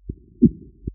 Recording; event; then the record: neck accelerometer signal played as sound; voluntary cough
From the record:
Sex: male